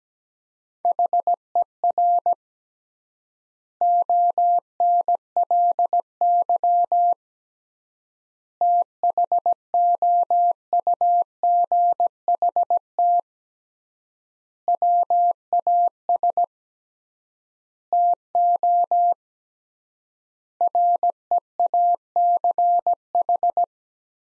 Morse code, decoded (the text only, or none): HER ONLY THOUGHT WAS TO REACH